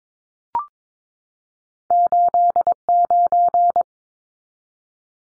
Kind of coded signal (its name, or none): Morse code